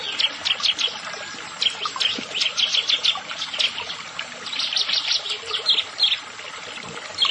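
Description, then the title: Bar-winged prinia song: fast repeated high chips in dense runs with brief pauses, over constant background hiss. "Ciblek Sawah"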